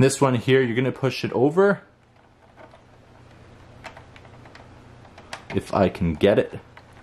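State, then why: Not seated. Someone talks while working a power supply cable connector over onto its socket on a PS3 console motherboard, fumbling with it between stretches of speech. Faint handling taps and scrapes are heard in the quiet middle section. The connector has not seated or clicked yet.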